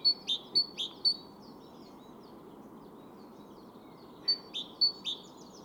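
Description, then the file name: Great tit calls: a string of five loud, clipped two-tone notes, a pause, then four more, all over a steady low background rush. "Parus major"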